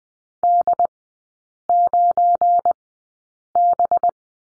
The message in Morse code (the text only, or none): D9B